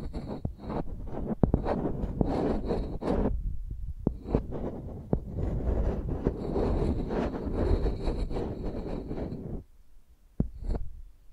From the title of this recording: ASMR Using Mics as Pencils (No Talking)